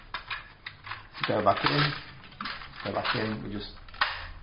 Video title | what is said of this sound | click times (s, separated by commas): Replacing Geberit 280 and 250 Twico 1 and Twico 2 with the new 290 valve | it down and it clicks in place | 4.0 s